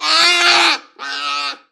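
Bear giving two loud, harmonic, drawn-out bawling cries, the first longer and stronger, separated by a short pause.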